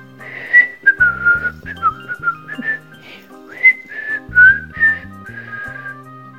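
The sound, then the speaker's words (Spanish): A shoeshine boy on a street, watching people and traffic lights, whistles a lively tune, the clear high melody sliding between notes in short phrases, backed by low plucked or bass-like tones underneath. No one speaks. “Se dedicó entonces a mirar a la gente, a tomar el tiempo a los semáforos y a silbar y silbar.”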